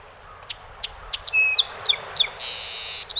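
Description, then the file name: Song sparrow song: spaced sharp notes, then a tumble of varied chips, and finally a drawn-out, rough buzz. 48 songs, 7 June 2018. "2018-06-07 Song Sp 48 Songs"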